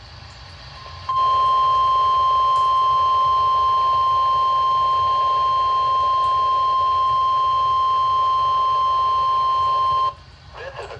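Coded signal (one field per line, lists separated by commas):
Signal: Emergency Alert System (SAME) tones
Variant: 1050 Hz attention tone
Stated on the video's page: Required weekly test received on weather radio station WWG24 because KHP60 was down.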